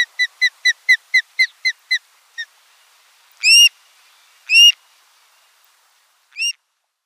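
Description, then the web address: Osprey calling: a rapid series of about ten short whistled chirps, then three loud, longer squeals spaced one to two seconds apart. "Schulze Peter Osprey"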